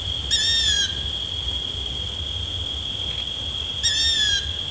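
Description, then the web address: Long-eared owl squealing calls: two drawn-out, slightly falling squeals about three and a half seconds apart, over a steady high electrical whine and low rumble. "asio otus call"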